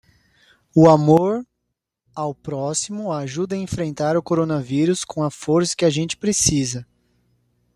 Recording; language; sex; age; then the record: spoken sentence; Brazilian Portuguese; male; 20 to 29 years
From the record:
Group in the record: control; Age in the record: 25 years